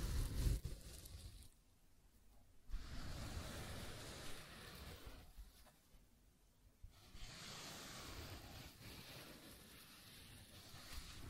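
Scratching and tracing sounds: a rough, hissing scrape runs across a surface in long strokes, with two clear pauses near 2 and 6 seconds. A low rumble underlies the strokes, and a heavier thump opens the clip.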